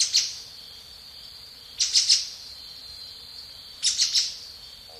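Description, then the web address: Brown-billed scythebill giving quick clusters of three high, piercing notes roughly every two seconds, with a continuous insect drone behind. Recorded in Ecuador. "Birds of Ecuador 2. Brown-Billed Scythebill"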